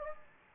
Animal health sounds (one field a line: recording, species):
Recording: mosquito wingbeat signal from an infrared sensor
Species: Anopheles gambiae